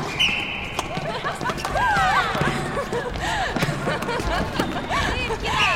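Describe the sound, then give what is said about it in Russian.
Running footsteps and hard thumps of girls vaulting over a gymnastics box while boys play basketball, amid steady gym clatter, squeaking shoes and a busy murmur of voices throughout. “Девушки прыгают через козлы.”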